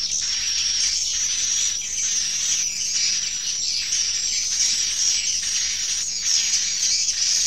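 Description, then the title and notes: Swiftlets chirping nonstop, a busy chorus of high, squeaky twitters of even loudness. Swiftlet sound used in swiftlet bird farming in Asia. "Swiflet Bird Sound. Farming Swiflet Bird asia sound"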